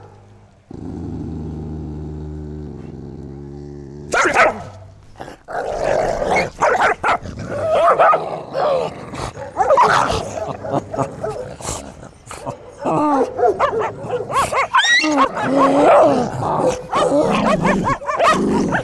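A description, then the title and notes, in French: A ground-level binaural walk carried by dogs through a newly built neighborhood. For about four seconds a steady low motor-like hum drones, then busy scuffling, rustling and sharp knocks take over, with dog sounds and bark-like bursts continuing to the end. Une balade sonore au ras du sol, enregistrée en binaural par des chiens d’un quartier récemment urbanisé en bordure de Belo Horizonte, au sud-est du Brésil. Micro binaural placé au niveau des oreilles.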